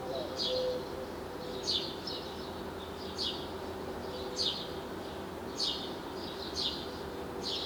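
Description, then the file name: House sparrow chirping, single sharp notes repeated roughly once a second over a constant low rumble. "Passer domesticus"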